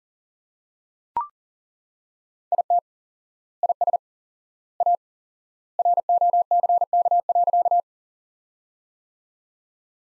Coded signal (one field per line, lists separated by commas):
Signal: Morse code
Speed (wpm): 40 wpm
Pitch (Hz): 700 Hz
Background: none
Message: IT IS A ROCK.